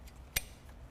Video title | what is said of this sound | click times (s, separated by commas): P0304 Misfire Code - 2014 Lincoln MKZ 3.7L | click into place on both sides should not be able to remove the injector | 0.4 s